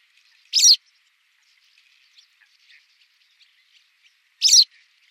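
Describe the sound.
White wagtail giving two loud, harsh, high-pitched call notes roughly four seconds apart, with soft scattered ticks and chirps in the quiet gap.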